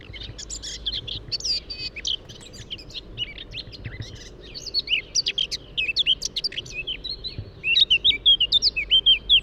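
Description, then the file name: Eurasian blackcap warbling, a busy scratchy twitter building into louder fluty whistles at the close, over steady background noise. "Sylvia atricapilla"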